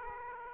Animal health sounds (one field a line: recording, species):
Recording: mosquito wingbeat signal from an infrared sensor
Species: Aedes aegypti